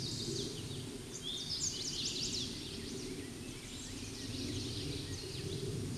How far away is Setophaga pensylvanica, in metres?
about 35 m